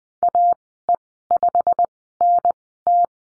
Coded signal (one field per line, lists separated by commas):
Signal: Morse code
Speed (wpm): 20 wpm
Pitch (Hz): 700 Hz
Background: none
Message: AE5NT